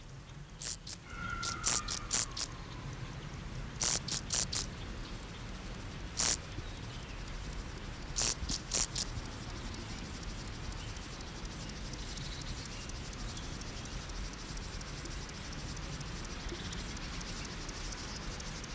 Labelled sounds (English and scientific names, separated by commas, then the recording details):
Field Grasshopper (Chorthippus brunneus) stridulation
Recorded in the wild
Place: Blankenfelde, Berlin, DE
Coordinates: 52.625, 13.404
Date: 1992-07-19 11:24
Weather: wolkig - sonnig, 22°C, Wind
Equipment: Marantz CP 430, Sennheiser ME 80, Kopie Tesla B 116
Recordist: Tembrock, Günter